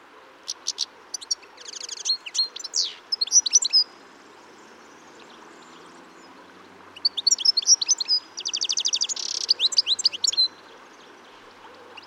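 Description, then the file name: European goldfinch chattering song, high tinkling notes and short buzzy trills in two bursts with a pause between, over faint background hiss. "Carduelis carduelis"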